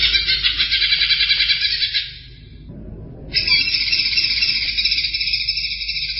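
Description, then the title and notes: Greater green leafbird song: a dense, loud run of rapid chattering notes and trills, a brief pause, then a long steady buzzing trill resumes. Champion songbird. "Kicau Burung Cucak Ijo Juara. Suara kicauan burung cucak ijo"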